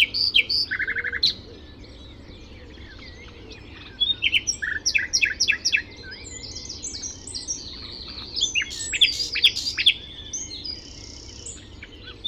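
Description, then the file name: Common nightingale song: a varied opening phrase with a quick trill, a pause of a few seconds, then sharp, rapidly repeated notes in varied phrases. "Luscinia megarhynchos"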